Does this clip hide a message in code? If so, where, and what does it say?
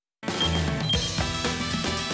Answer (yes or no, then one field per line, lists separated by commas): no